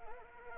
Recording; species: mosquito wingbeat signal from an infrared sensor; Anopheles arabiensis